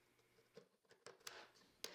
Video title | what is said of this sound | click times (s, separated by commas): Upper Kitchen Cabinets | here you see the track just snaps right in. | 1.1 s, 1.3 s, 1.8 s